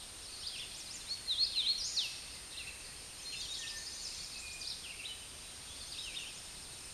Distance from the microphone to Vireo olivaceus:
about 35 m